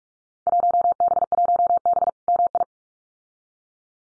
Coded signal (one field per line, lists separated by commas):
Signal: Morse code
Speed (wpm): 46 wpm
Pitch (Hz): 700 Hz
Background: none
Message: 1B1B MI